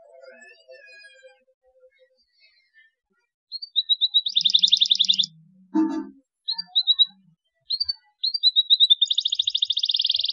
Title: Canto Para Esquentar Canário Belga. CUITAN KENARI PALING AMPUH MERANGSANG BUNYI KENARI PAUD. PANCINGAN KENARI AGAR GACOR